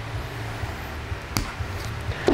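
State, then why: Seated. A tight, small metal E-clip is pressed onto the groove of the rear damper piston rod of a Tamiya Frog RC car to hold the piston in place. Over a low background rumble, a sharp metallic snap sounds at 1.4 s, and the E-clip is seated on the shaft.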